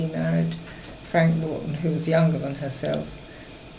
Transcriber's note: none